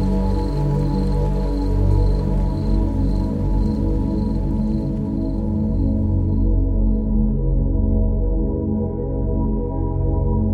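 Soft, sustained music hums steadily throughout, a thick low drone made of many layered held notes with a gentle slow pulse. For the first six seconds a faint, high, rapidly pulsing chirp, like insects in the countryside, rides above it before fading away.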